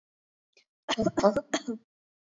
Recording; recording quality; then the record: shallow voluntary cough; excellent, no background noise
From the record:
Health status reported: COVID-19 positive, mild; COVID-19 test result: positive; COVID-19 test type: RT-PCR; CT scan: not taken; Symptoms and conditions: cough, cold, sore throat, fever, fatigue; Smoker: no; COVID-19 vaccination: both doses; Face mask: not worn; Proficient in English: yes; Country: India